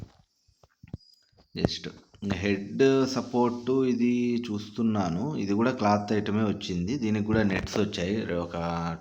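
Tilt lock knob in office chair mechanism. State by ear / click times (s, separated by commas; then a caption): seated / 0.9 s. Someone pushes the tilt-lock knob back in on an office chair mechanism (the same button used for height adjustment) to lock the backrest swing. Sharp clicks are heard at 0.9 s and 0.9 s, and the knob is seated and locked. Someone then talks.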